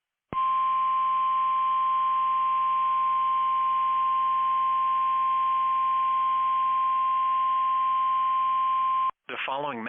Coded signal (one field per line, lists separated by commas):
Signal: Emergency Alert System (SAME) tones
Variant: 1050 Hz attention tone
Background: speech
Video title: EAS - Christmas Chaos